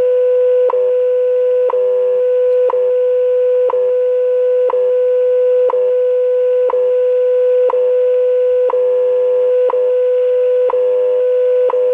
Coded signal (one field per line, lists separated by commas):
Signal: radio time signal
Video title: WWV Test Video